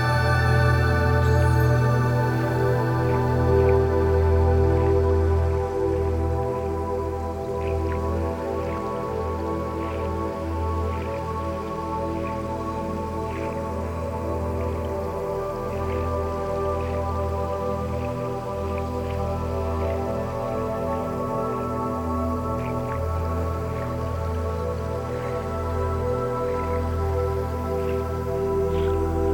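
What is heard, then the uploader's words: Soft water drips fall at irregular intervals over a steady, low, layered humming drone that holds constant, a little louder at first. Water and nature sounds.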